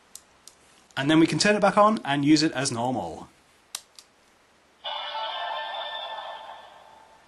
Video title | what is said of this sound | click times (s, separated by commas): Yokai Watch: Updating the Yokai Watch Elder | reinsert the spacer parts into the top push it until it clicks and then | 0.2 s